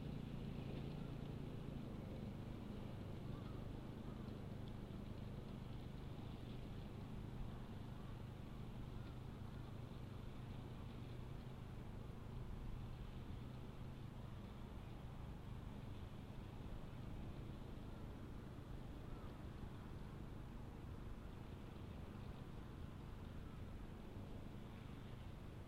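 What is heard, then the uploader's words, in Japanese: A binder rice harvester runs steadily, its engine a dense, even low drone with constant rattling and a faint whine above, barely changing throughout. 環境音 機械音あり 1列ずつバインダーで稲刈り。バインダーという稲刈り機で、1列ずつ稲を刈り、束にしていきます。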